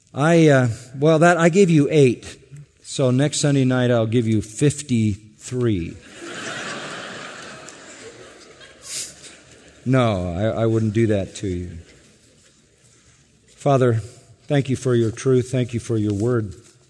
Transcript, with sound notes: I...well I gave you eight, so next Sunday night I’ll give you 53... (laughter) ...no, I wouldn’t do that to you. Father, thank You for Your truth, thank You for Your Word.